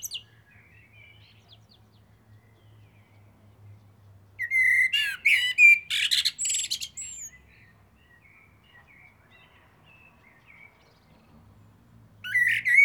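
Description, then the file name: Eurasian blackbird song: a lengthy phrase of mellow whistles mixed with harsh high squeaks, soft notes after, and a new phrase starting at the end. "Turdus merula"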